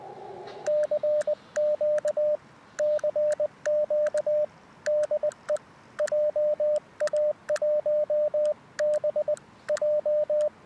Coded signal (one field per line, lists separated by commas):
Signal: Morse code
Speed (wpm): 20 wpm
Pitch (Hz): 600 Hz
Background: radio noise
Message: CQ CQ DE JA1BJ